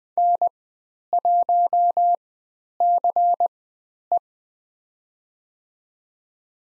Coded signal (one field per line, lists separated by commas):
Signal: Morse code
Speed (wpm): 20 wpm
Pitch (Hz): 700 Hz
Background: none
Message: N1CE